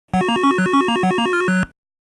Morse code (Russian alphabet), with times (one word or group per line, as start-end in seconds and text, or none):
none